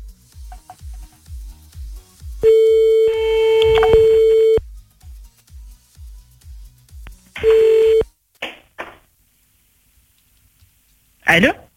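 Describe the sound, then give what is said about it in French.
A telephone ringback tone sounds twice, a steady mid-pitched electronic buzz, the first ring long and the second cut short, with soft low thumping before and brief clicks and rustles after. “Dès que t'as plus de musique ou que ça sonne plus, c'est à toi.”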